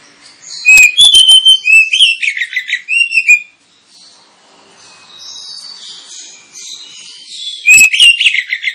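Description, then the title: Oriental magpie-robin song: two loud bursts of clear whistles mixed with scratchy, chattering notes, the first lasting about three seconds, the second starting near the end, with softer song between. Lure recording meant to provoke kacer into fighting and singing at once, delivering full, rapid bursts of song. "Kacer Langsung Tarung Konslet KACER NGOTOT FULL TEMBAKAN. Kacer dimana SAJA Bakalan NGEPLONG GACOR dengan Pancingan Kacer ini"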